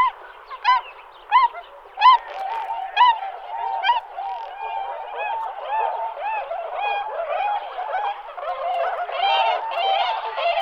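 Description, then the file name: Tundra swan honking calls, clear nasal hoots with bright overtones, spaced at first, then a denser overlapping chorus of several birds toward the end. "Labut mala Cygnus columbianus"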